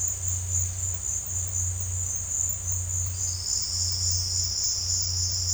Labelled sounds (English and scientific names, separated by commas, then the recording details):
none
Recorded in dense forest near Puerto Asís, Putumayo, Colombia, on 8 March 2025 at 14:30
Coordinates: 0.468, -76.322
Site GP01